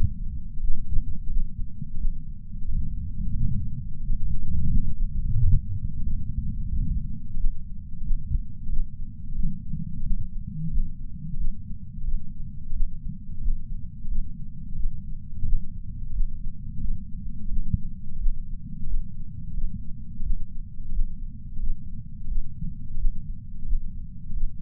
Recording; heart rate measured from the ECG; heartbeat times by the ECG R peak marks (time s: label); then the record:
heart sounds by patch sensor on the chest; 88 bpm
0.60 s: heartbeat
1.30 s: heartbeat
1.97 s: heartbeat
2.65 s: heartbeat
3.32 s: heartbeat
4.02 s: heartbeat
4.70 s: heartbeat
5.36 s: heartbeat
6.02 s: heartbeat
6.68 s: heartbeat
7.37 s: heartbeat
8.03 s: heartbeat
8.69 s: heartbeat
9.35 s: heartbeat
10.03 s: heartbeat
10.70 s: heartbeat
11.37 s: heartbeat
12.03 s: heartbeat
12.73 s: heartbeat
13.41 s: heartbeat
14.08 s: heartbeat
14.75 s: heartbeat
15.45 s: heartbeat
16.13 s: heartbeat
16.80 s: heartbeat
17.48 s: heartbeat
18.18 s: heartbeat
18.87 s: heartbeat
19.53 s: heartbeat
20.23 s: heartbeat
20.92 s: heartbeat
21.59 s: heartbeat
22.27 s: heartbeat
22.97 s: heartbeat
23.66 s: heartbeat
24.33 s: heartbeat
From the record:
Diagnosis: coronary artery disease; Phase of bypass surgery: postoperative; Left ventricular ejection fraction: 66.5%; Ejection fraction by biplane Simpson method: 64.8%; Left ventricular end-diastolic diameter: 39 mm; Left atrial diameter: 31 mm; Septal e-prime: 4.5 cm/s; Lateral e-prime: 6.6 cm/s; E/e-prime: 22.7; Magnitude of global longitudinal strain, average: 16.9%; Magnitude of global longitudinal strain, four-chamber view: 19.4%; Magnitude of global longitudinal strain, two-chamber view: 15.7%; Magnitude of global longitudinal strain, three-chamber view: 15.8%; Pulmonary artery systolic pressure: 26 mmHg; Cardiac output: 4.24 L/min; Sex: female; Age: 80 years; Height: 150 cm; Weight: 49 kg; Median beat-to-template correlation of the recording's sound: 0.73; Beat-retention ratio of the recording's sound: 1.00